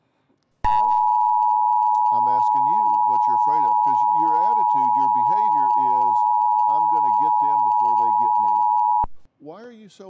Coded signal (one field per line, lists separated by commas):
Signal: Emergency Alert System (SAME) tones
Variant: 853 and 960 Hz attention tone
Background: speech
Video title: EAS Mock #8: EMnet moment